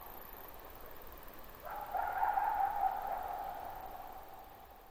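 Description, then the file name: Coyote howl: one long note that jumps up sharply, then holds a level, slightly wavering pitch for about three seconds before fading into hiss. At night; possibly 22 July 2005. "jh-050722-nightcoyote"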